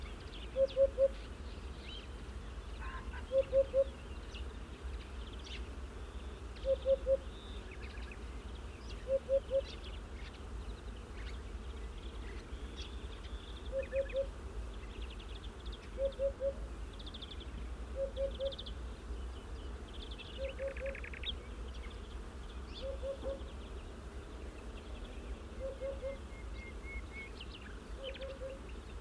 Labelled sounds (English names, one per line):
Eurasian Hoopoe call